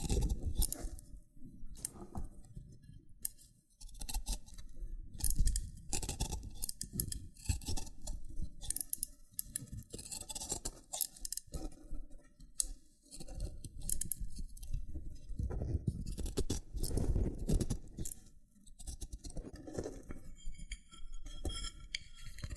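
Loofah being peeled and scraped, a dense run of crisp crackles and pops with sharp bright snaps, steady throughout with brief quieter gaps.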